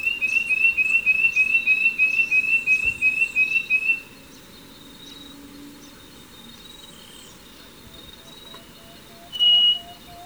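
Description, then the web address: Wing-banded Wren giving a rapid series of short, clear whistled notes, about three per second, for four seconds, then near silence with faint chirps and one louder whistled note near the end. Ecuador. "Birds of Ecuador 29 wing-banded Wren"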